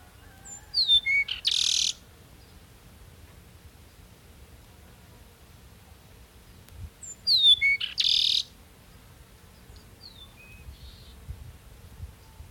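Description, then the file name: Peruvian meadowlark song given twice several seconds apart, each a short series of sliding whistled notes ending in a dry buzzy burst. "Sturnella bellicosa - Peruvian Meadowlark"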